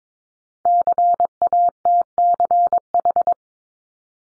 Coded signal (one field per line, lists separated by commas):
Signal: Morse code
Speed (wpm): 22 wpm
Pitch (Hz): 700 Hz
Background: none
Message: CATCH